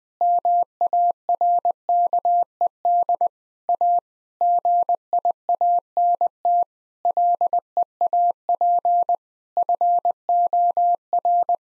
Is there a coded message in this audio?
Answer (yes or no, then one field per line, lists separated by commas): yes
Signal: Morse code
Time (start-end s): 0.2-11.5 s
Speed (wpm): 21 wpm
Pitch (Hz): 700 Hz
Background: none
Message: MARKED A GIANT LEAP FOR